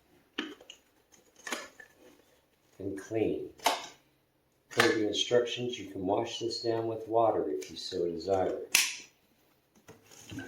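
A removable plastic part of a SMOTURE 550W 45KPA cordless stick vacuum, with 60-minute runtime, is handled near the vacuum body, giving a few brief plastic taps around 0.4 to 1.8 seconds and faint ones near 9.8 to 10.3 seconds while someone talks. The part has not been slipped back into place, and nothing has seated or clicked yet.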